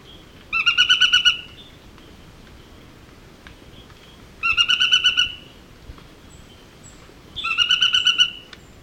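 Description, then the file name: Narino tapaculo giving three quick rattling bursts of stacked, evenly pulsed notes, each lasting under a second and spaced about three to four seconds apart. "Scytalopus vicinior - Narino Tapaculo"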